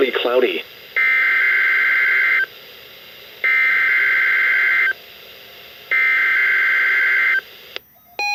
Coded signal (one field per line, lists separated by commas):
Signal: Emergency Alert System (SAME) tones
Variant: header bursts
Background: speech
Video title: (EAS #71) Required Weekly Test